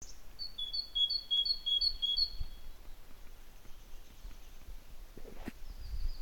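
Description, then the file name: Great tit singing a run of about six ringing high-low note pairs in quick succession, followed by a few seconds of quiet background hiss and a brief click. "Parus major"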